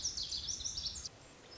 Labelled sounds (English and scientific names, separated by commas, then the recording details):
Lazuli Bunting (Passerina amoena)
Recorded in Sonoma County, California